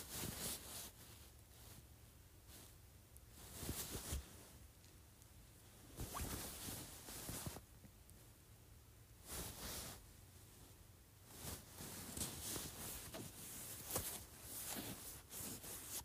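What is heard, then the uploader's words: A comforter is ruffled in soft, hissy bursts of fabric rustle, each lasting one to two seconds, with a longer stretch of repeated shaking near the end. Between bursts there are quiet pauses with a faint low hum underneath. Ruffling Comforter.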